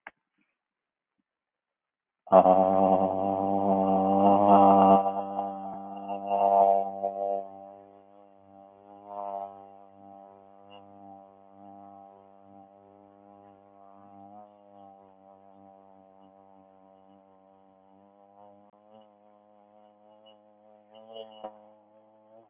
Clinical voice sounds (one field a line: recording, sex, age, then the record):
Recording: vowel held as long as possible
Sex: male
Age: 50 to 59 years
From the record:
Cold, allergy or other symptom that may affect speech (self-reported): no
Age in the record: 51 years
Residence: Florida, United States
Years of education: 16